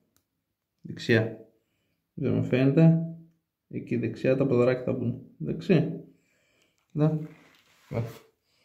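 A replacement mixing cartridge for a bathroom mixer tap is being handled and pressed toward the tap body, its two small legs lined up with the recesses on the right, while someone talks in short bursts throughout. Only a couple of faint, brief ticks are heard, near 0.2 s and 6.8 s. The cartridge has not seated or clicked into place yet.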